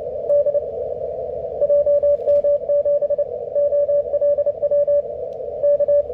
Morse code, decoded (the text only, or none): D JM7 OLW K